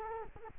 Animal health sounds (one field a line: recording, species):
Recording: mosquito wingbeat signal from an infrared sensor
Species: Culex quinquefasciatus